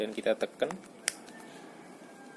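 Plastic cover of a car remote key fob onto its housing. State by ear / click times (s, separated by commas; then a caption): seated / 1.1 s. Someone talks while the plastic cover of a Wuling Almaz car remote keyless immobilizer key fob is put back in its original position on the housing after a battery change and pressed together. A sharp click of the housing clips snapping shut is heard at 1.1 s, and the shell halves are fully closed.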